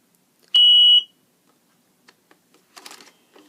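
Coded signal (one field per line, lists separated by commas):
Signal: beep code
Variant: Hospira Plum XL infusion pump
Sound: one half-second high-pitched beep, then quiet clicks and rustling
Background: handling noise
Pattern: 1 long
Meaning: Pump is being switched on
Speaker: so this is the primary IV so we'll turn this guy on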